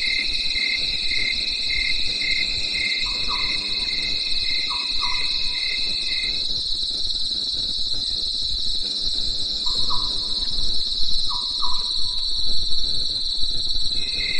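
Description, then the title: Cricket chorus of continuous shrill trilling and pulsed chirps that drop out midway, with brief rising notes in pairs and a low background rumble. Crickets in a night chorus in the mountains, after daytime rain. "At night, the cricket cricket and nightingale choir in the mountains"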